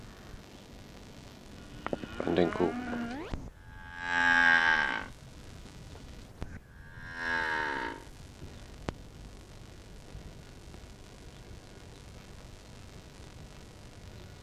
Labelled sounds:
Banteng call
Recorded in captivity
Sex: female
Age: adult
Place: Tierpark Berlin, Berlin, DE
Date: 1968-01-20
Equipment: Uher 4000 Report-S, Transistorverstärker II, Sennheiser MD 421
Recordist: Tembrock, Günter

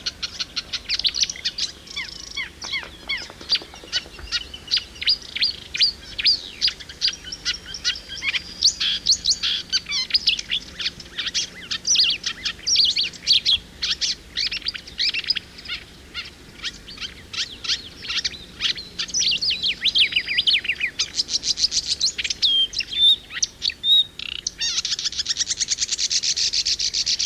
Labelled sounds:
Marsh Warbler song
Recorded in the wild
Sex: male
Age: adult
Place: Lauterbach/Goor, Insel Rügen, Mecklenburg-Vorpommern, DE
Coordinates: 54.3414, 13.5206
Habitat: swampland
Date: 1979-06-23 12:31
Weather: overcast, 18°C
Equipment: ITT Schaub-Lorenz Studio Recorder 72, Verstärker, MD 421 HL, Reflektor, Kopie Uher 4200 Report
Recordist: Tembrock, Günter
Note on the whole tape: Goor (beim Badehaus): Gesang

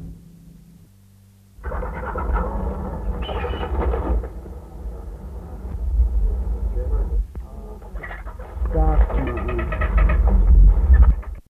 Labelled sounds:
White-rumped Vulture call
Himalayan Vulture
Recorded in captivity
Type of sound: call
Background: Gyps himalayensis
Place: Tierpark Berlin
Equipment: Halbspur, 9,5 cm/s
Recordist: Lütgens, Hans
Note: Drei Geier, zunächst Schneegeier (Gyps himalayensis) und Kuttengeier (Aegypius monachus), dieser mit der helleren Stimme, am Schluss keckert der Bengalengeier (Gyps bengalensis)

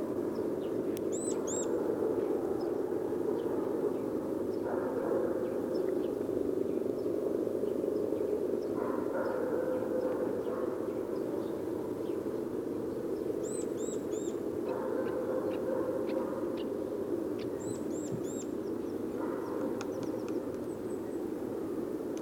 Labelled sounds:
Eurasian Nuthatch call
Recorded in the wild
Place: Putbus, Insel Rügen, Mecklenburg-Vorpommern, DE
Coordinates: 54.35, 13.477
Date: 1980-02-21
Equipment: Nagra III BH, Sennheiser MD 21, parabola
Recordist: Schubert, Michael

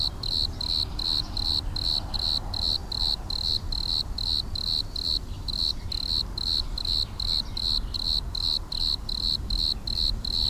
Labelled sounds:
Bordeaux Cricket stridulation
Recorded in the wild
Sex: male
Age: imago
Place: Arles, Provence, Provence-Alpes-Côte d'Azur, FR
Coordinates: 43.6517, 4.62833
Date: 1994-05-17
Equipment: Sony TCD-D3, 2 Sennheiser MKE 2 in Doppelreflektoren (Eigenbau)
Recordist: Krey, Winfried
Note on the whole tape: Stridulation

